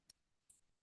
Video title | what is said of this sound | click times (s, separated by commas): CRX 2024 - Day 1 | click and so you can hear it snap in place and so now it won't come out | 0.1 s, 0.5 s